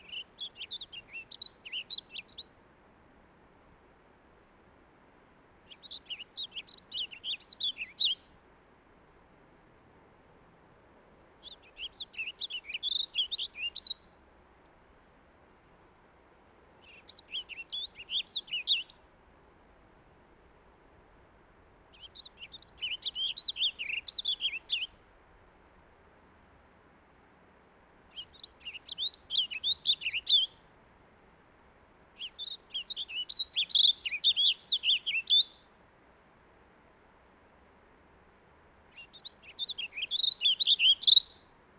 Warbling Vireo song recorded on the Cub Lake Trail in Rocky Mountain National Park.